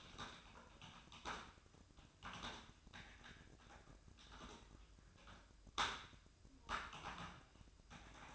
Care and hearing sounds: daily activity, microphone in the room; typing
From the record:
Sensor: 2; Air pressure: 1007.5 hPa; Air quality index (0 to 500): 43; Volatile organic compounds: 1 ppm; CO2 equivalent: 549 ppm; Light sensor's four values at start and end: 8/19/7/8 and 8/19/7/8

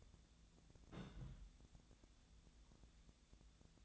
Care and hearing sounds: daily activity, microphone in the room; place on stove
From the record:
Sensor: 3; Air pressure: 1010.0 hPa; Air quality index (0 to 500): 185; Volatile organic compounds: 13 ppm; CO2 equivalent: 2414 ppm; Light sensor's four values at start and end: 42/105/45/49 and 42/105/45/49

